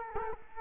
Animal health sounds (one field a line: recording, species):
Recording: mosquito wingbeat signal from an infrared sensor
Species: Culex quinquefasciatus